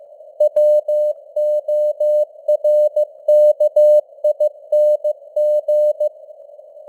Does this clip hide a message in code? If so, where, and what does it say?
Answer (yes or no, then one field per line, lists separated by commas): yes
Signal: Morse code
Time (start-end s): 0.4-6.1 s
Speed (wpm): 15 wpm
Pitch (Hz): 600 Hz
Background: none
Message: WORKING